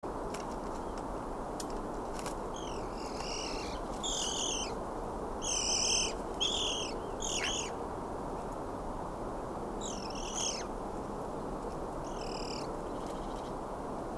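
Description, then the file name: Eurasian magpie giving harsh, clipped chattering notes in scattered short bursts, spread throughout over a steady low rumbling background noise. "Pica pica"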